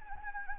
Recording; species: mosquito wingbeat signal from an infrared sensor; Anopheles gambiae